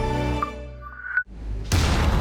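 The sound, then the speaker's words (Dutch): Loud firework bangs: a buzzing, whistling tone gives way to a sharp pop, then a heavy blast that rolls on as a dense crackling rumble to the end. “Bent u deze extreme knallen het hele jaar door ook zo zat?”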